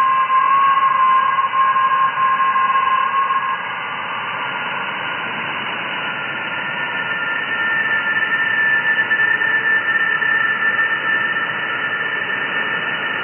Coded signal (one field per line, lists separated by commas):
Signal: FT8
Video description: Receiving and decoding FT8 QSOs over 20-meter band (14,074 KHz), with the new SDRplay RSPdx software defined radio (SDR) at Mexico City.